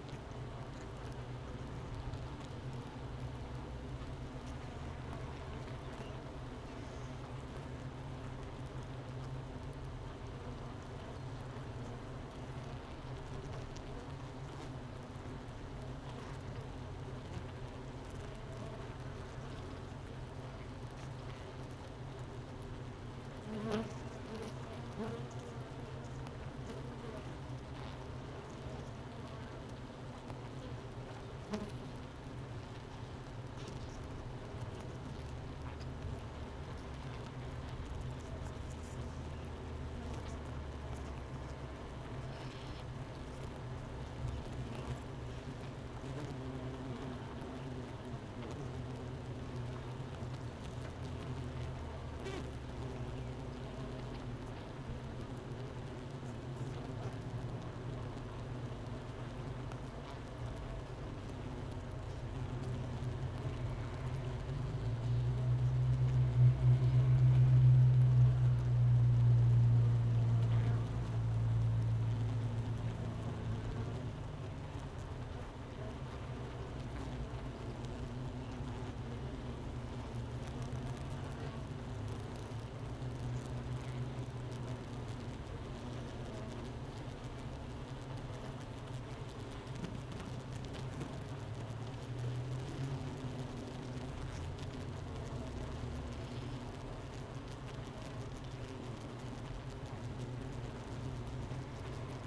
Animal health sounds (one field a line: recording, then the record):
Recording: honeybee colony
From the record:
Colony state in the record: missing queen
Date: 31 May 2018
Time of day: 9:45